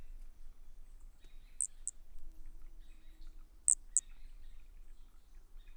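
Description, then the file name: Brachycephalus frog giving brief high-pitched notes in pairs about two seconds apart over a quiet background. Unidentified Brachycephalus species, individual 3, recorded at 20 cm, Corcovado, 18 December 2017. "Brachy sp ind 3 perdeu notas 20 cm Corcovado 18 dez 2017 MRB"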